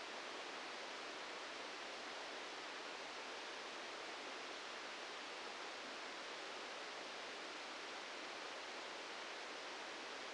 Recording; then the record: brain microelectrode recording played as sound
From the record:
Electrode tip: outside the subthalamic nucleus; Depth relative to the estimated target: 3 mm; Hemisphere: right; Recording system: NeuroSet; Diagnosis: Parkinson's disease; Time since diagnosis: 13 years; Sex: male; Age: 65 years